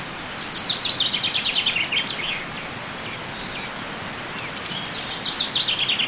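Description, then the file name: Common chaffinch delivering two quick phrases of falling, rattling notes a couple of seconds apart, the first finishing with a short flourish, over a constant hiss. "Fringilla coelebs"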